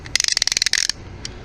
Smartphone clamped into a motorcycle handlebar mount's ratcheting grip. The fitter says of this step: can hear the the ratcheting mechanisms there click in place